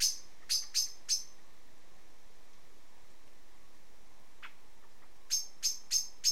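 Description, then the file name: Common blackbird short chink calls, a quick burst of four notes, a long pause, then another run of four, over faint background hiss. "Turdus merula"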